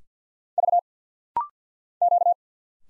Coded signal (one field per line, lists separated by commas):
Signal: Morse code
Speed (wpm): 46 wpm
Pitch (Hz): 700 Hz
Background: none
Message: V Q